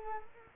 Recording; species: mosquito wingbeat signal from an infrared sensor; Culex quinquefasciatus